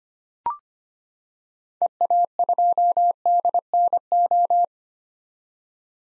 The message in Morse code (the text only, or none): EA2DNO